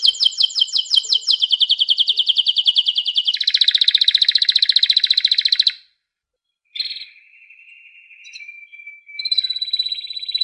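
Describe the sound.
Canary song: fast trills and rapid repeated notes, a brief silence, then a steady sustained whistle and more trilling.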